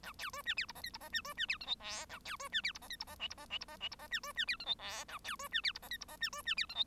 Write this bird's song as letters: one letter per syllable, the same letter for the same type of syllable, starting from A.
A B C D E F G H F G D C D E I J K A B C D E F G H F G L F G L F G L F G D C D E I J K A B C D E F G H F G D C D E I J